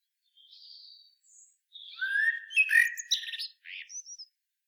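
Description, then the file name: Common blackbird song phrase: soft high notes, then a rising fluted whistle breaking into a jumbled, scratchy twitter with short squeaky notes at the end. "Turdus merula"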